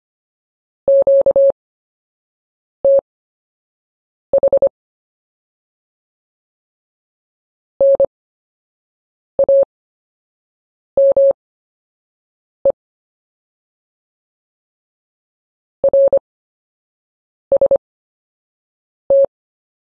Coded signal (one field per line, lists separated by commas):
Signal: Morse code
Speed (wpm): 25 wpm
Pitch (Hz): 550 Hz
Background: none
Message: QTH NAME RST